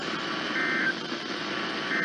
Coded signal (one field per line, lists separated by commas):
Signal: Emergency Alert System (SAME) tones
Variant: end-of-message bursts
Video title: NOAA Weather Radio Weekly Tests (EAS #1308-1313)